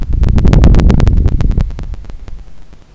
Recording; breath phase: one breath near a microphone; exhalation